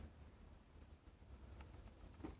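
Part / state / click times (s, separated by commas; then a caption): coil being aligned into vape tank base / not seated / none. A coil for an Innokin iSub Apex sub-ohm tank is held and lined up by its flat and rounded ends with the matching shapes in the tank base. Low background rumble runs throughout, with a small handling tap at 1.6 s. Nothing has seated or clicked yet.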